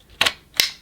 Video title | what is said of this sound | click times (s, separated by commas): Dyson Digital Slim Cordless Vacuum Cleaner Demonstration & Review | like so you can hear a click and then we can close it and push it closed | 0.2 s, 0.6 s